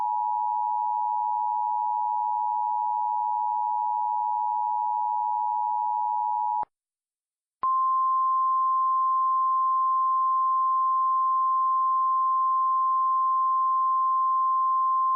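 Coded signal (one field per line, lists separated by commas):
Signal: Emergency Alert System (SAME) tones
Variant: 853 and 960 Hz attention tone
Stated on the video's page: Remake, a mock New York Tornado Warning.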